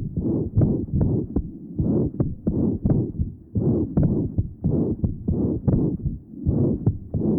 Patient has severe mitral insufficiency. The pan-systolic murmur taken at the mitral area, the opening snap, and the loud third sound followed by a short diastolic murmur in this area.